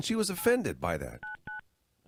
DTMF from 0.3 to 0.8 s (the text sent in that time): 8